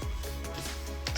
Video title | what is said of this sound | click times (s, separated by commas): Product Assembling for Vamson Phone Body Mount | snap right in place | 1.1 s